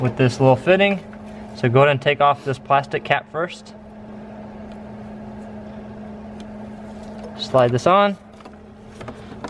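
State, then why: Not seated. Someone talks while removing a plastic cap and sliding a fuel line quick-connect fitting onto the fuel rail fitting of a BMW E60 550i during a valve cover gasket job. A steady low hum runs underneath, with a few faint handling ticks between 8.4 and 9.5 seconds. The connector has not seated or clicked yet.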